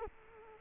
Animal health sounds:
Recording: mosquito wingbeat signal from an infrared sensor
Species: Culex quinquefasciatus

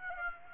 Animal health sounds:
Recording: mosquito wingbeat signal from an infrared sensor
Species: Aedes aegypti

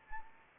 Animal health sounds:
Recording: mosquito wingbeat signal from an infrared sensor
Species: Anopheles arabiensis

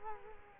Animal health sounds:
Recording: mosquito wingbeat signal from an infrared sensor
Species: Culex quinquefasciatus

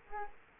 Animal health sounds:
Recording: mosquito wingbeat signal from an infrared sensor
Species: Culex quinquefasciatus

